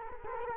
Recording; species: mosquito wingbeat signal from an infrared sensor; Culex quinquefasciatus